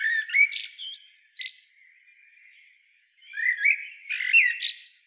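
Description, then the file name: Common blackbird giving a fluted, slurred phrase with shrill high notes, a quiet drawn-out twitter, then another loud whistled and squeaky burst. "Turdus merula"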